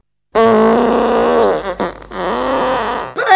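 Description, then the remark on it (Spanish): A long, loud, buzzy fart with a brassy, wavering tone that breaks off briefly midway, resumes for another stretch, then ends with a short final burst. “¡Dale, hijo de puta, que me rajo un pedo y te huelo el jopete!”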